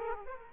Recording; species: mosquito wingbeat signal from an infrared sensor; Aedes aegypti